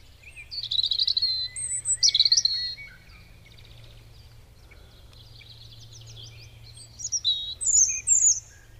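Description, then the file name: European robin song in two bursts: rich trilled, high whistled phrases first, a quieter thin warble in between, then sharp high slurred notes, with a steady low background hum. "Erithacus rubecula"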